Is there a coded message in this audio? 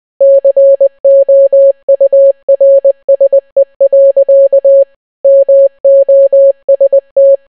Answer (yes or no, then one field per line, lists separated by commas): yes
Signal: Morse code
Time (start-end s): 0.2-7.4 s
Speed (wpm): 20 wpm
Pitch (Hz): 550 Hz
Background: none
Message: COURSE. MOST